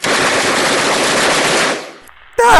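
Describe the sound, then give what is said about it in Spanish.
A loud, sustained burst of rapid gunfire rattles on for nearly two seconds, then cuts out into a brief silence before another loud burst erupts at the very end. “¡Disparad a matar!”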